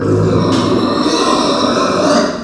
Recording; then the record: squeal of a Yucatan mini pig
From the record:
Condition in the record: after surgery on the right vocal fold (resection and tissue-engineered implant); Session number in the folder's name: 11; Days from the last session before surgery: 98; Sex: female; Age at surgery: 19 weeks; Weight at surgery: 25 kg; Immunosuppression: prednisolone